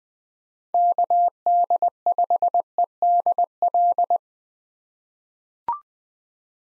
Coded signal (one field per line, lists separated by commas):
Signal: Morse code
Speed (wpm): 20 wpm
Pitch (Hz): 700 Hz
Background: none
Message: KD5EDL